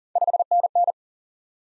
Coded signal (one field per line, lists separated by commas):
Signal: Morse code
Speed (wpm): 37 wpm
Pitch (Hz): 700 Hz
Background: none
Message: 5NN